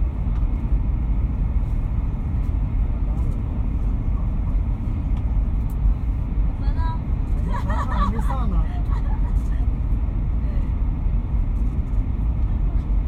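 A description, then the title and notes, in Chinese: Aboard a train, a steady low rumble fills the ride, with a brief burst of voices talking around seven to nine seconds. 火车旅行。上一趟年代久远的火车。地点：火车上。各种耳语迎面铺来。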